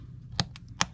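The plastic back cover of a 2022 Ford Escape 5-button smart key remote is slid onto the key fob housing by its tab and snapped together, holding the battery down. Two sharp snap clicks sound at 0.4 s and 0.8 s, with fainter ticks between them. The cover seats.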